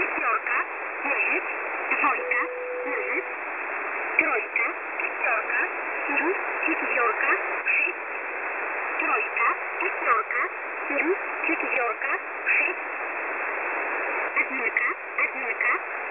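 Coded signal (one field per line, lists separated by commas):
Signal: numbers station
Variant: S11a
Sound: continuous wideband digital hiss with sharp band edges, no voice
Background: radio static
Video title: S11a Message 19/02/2023 0830z 5371kHz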